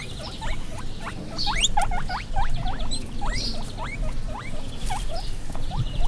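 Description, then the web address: Guinea pig giving rapid repeated rising squeaks, several per second, over a dense low rumble and shuffling noise. Captive animal at a zoo in Hungary, recorded in daytime in 2015. "jaszberenyizoo 2015 professzionalis tengerimalac"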